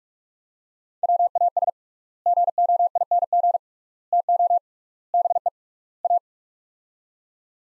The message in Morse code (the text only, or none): WAS GOING TO BE A